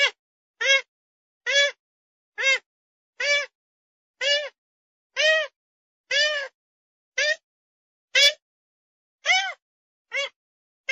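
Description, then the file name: Grey-headed swamphen uttering a long series of short nasal, bowed call notes, roughly one each second, with a brief click partway through. "Tieng trich co"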